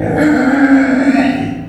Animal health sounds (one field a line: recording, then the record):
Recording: squeal of a Yucatan mini pig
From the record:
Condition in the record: after surgery on the right vocal fold (resection and tissue-engineered implant)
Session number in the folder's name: 3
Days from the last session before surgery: 21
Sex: female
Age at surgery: 19 weeks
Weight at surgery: 25 kg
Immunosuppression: prednisolone